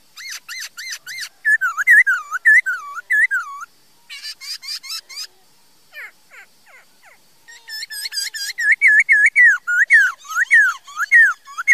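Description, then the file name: Laughingthrush song, rich and continuous: rapid repeated whistled notes rising and falling, mixed with twittering phrases and a short pause midway. "Tieng khuou hot"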